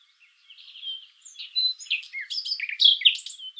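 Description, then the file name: Common nightingale song: a quiet, varied run of whistled and warbled notes that grows louder into sharp, rich phrases over about three seconds. "Luscinia megarhynchos"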